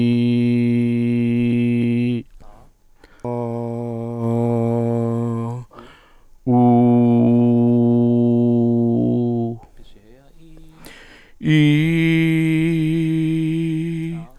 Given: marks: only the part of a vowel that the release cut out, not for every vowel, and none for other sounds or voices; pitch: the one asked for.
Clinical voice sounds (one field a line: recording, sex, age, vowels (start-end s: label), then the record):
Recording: sustained vowels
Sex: male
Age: 50 to 59 years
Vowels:
0.00-1.95 s: vowel /i/, normal pitch
4.29-5.38 s: vowel /a/, normal pitch
6.85-8.76 s: vowel /u/, normal pitch
12.03-13.93 s: vowel /i/, high pitch
From the record:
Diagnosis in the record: psychogenic dysphonia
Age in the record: 59 years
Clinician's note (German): Funktionelle